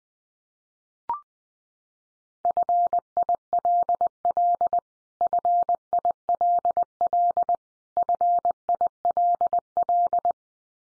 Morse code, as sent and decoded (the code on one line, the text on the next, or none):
..-. .. .-.. .-.. / ..-. .. .-.. .-.. / ..-. .. .-.. .-..
FILL FILL FILL